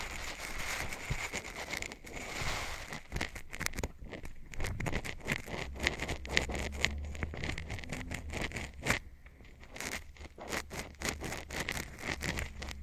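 Scratching and tapping sounds fill the whole stretch, with dense, irregular scrapes and sharp taps. A few crisper taps stand out around six to nine seconds. A steady low rumble runs underneath, and a thin high tone holds throughout.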